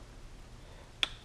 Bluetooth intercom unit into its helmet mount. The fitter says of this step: There you go, I heard a click.